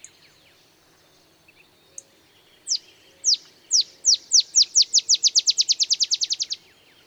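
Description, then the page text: Olive sparrow song: a few faint chips, then spaced, sharp downslurred notes that speed up steadily into a fast, even trill before stopping. Male singing in early morning in Texas, 50 miles north of the Mexican border; simple songs reminiscent of a field sparrow's bouncing-ball song, though less mellow. "Birdsong for the Curious Naturalist. Olive sparrow"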